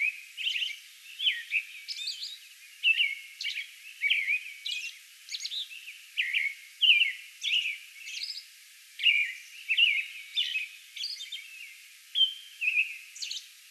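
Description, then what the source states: American robin song, a long series of warbled whistled phrases mixed with thin high squeaks. Song bout recorded on May 11.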